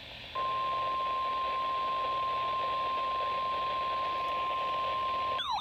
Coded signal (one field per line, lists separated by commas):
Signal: Emergency Alert System (SAME) tones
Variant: 1050 Hz attention tone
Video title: Weekly tests and then some EAS#224-227 8/11/20-8/12/20